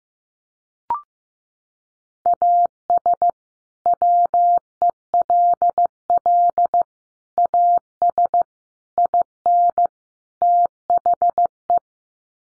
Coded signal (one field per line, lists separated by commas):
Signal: Morse code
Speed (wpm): 15 wpm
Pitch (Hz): 700 Hz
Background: none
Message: AS WELL AS IN THE